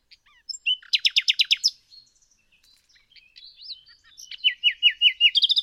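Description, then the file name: Common nightingale singing a fast run of repeated chattering notes, then soft varied twitters, ending in a rhythmic series of clear whistled notes. "Luscinia megarhynchos"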